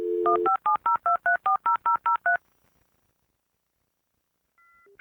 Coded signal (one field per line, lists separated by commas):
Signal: DTMF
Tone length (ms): 130 ms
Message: 15702340003